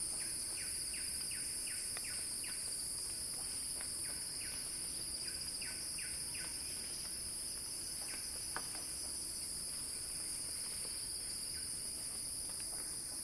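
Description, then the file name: Continuous high-pitched cicada buzzing that stays steady, while a bird gives quick runs of falling chirps in several groups. Cicada song building in a crescendo. "earth-fm Axel-Drioli Cicada-Crescendo-Sounding-Wild"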